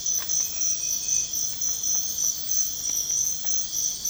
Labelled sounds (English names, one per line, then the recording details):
none
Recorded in pastures near Puerto Asís, Putumayo, Colombia, on 12 March 2025 at 05:00
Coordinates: 0.502, -76.324
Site GP07